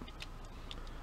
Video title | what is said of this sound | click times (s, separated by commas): Leader's Legoformers : Mini-con Duocon | Ça se clipse, c'est des Lego. | 0.2 s, 0.7 s